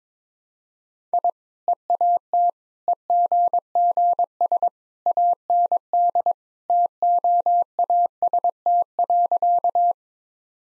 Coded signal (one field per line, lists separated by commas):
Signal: Morse code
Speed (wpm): 22 wpm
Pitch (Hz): 700 Hz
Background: none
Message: I EAT EGGS AND TOAST.